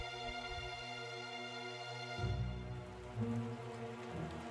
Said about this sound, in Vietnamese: Đêm ấy trời mưa to dữ dội